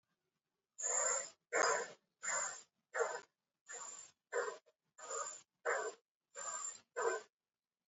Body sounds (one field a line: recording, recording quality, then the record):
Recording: shallow breathing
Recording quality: excellent, no background noise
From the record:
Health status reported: COVID-19 positive, mild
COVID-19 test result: positive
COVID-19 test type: RT-PCR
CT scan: not taken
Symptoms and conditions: cough, sore throat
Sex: female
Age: 24 years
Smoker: no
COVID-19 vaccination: both doses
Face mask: not worn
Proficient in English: yes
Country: India